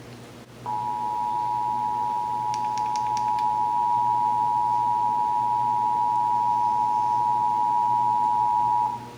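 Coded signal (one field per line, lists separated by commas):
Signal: Emergency Alert System (SAME) tones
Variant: 853 and 960 Hz attention tone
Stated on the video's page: Texas Required Monthly Test heard on several radio and TV stations.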